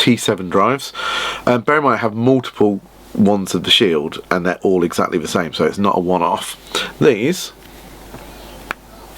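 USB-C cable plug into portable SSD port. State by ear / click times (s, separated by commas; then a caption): seated / 8.7 s. Someone talks while a USB-C cable plug is pushed into the port of a Samsung T7 portable SSD. A small, faint click is heard at 8.7 s as the plug seats in the port.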